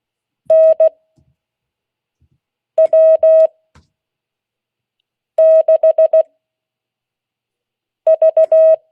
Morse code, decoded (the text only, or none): NW6V